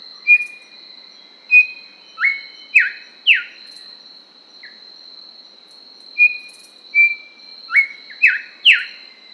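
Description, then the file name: Grey Whistler giving level whistled notes followed by several sharp slurred notes in two bursts, over a constant high-pitched background tone. Papua New Guinea. "Pach Simp"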